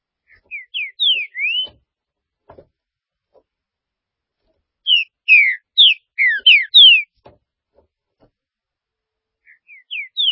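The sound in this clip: Green-winged saltator song, phrases of rich slurred whistles with brief pauses, a few faint clicks in between.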